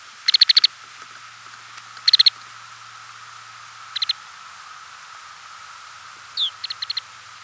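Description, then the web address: Lapland longspur calls: short dry rattles of three to five quick clicks, in bursts about every two seconds, then a single descending whistled note and more rattles. "longspur"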